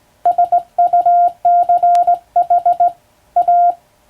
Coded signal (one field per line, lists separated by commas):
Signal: Morse code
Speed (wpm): 20 wpm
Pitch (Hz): 700 Hz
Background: none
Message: SUCH A